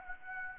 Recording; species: mosquito wingbeat signal from an infrared sensor; Aedes aegypti